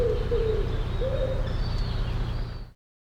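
Bird uttering two or three low, soft cooing notes before the sound cuts off, with a faint high whistle and a low hum behind.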